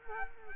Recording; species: mosquito wingbeat signal from an infrared sensor; Culex quinquefasciatus